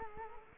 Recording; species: mosquito wingbeat signal from an infrared sensor; Culex quinquefasciatus